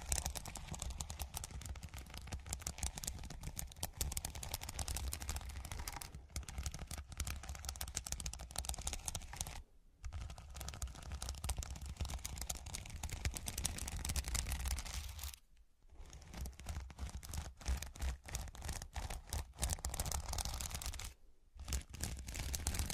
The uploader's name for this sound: Pure Scratching